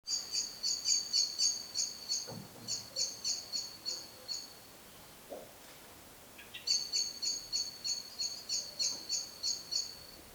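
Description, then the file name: Common blackbird repeating sharp chink notes in quick even runs, two long series divided by a short gap, with a couple of faint knocks between. "Turdus merula"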